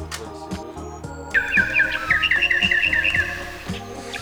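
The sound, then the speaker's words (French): A recording of bright, rapid bird chirps and tweets repeats in quick bursts over a steady bed of soft, rhythmic music, starting after a short musical intro and continuing to the end. “Et moi-même, je mets même des oiseaux.”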